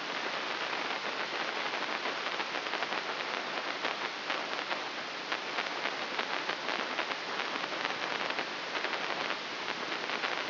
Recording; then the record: brain microelectrode recording played as sound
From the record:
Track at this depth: inside the subthalamic nucleus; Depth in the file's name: 0.601 mm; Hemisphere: left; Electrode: 3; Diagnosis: Parkinson's disease